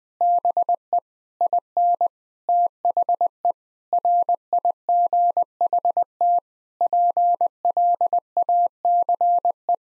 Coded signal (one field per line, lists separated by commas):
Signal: Morse code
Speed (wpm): 19 wpm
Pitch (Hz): 700 Hz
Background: none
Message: BE IN THE RIGHT PLACE